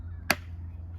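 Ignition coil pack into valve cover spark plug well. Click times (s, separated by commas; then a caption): 0.3 s. An ignition coil pack on a 2017 Hyundai Elantra is pushed into its spark plug well in the valve cover, before being twisted in. A single short, sharp snap-like click sounds at 0.3 s over a steady low hum. The coil pack seats in place.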